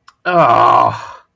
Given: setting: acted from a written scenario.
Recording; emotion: vocal sound without words; disgust